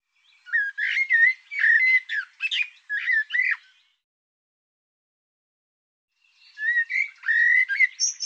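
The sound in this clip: Bird song in two bursts of warbled, whistled notes with sharp up-and-down slurs, a busy phrase of about three seconds, silence, then another phrase starting.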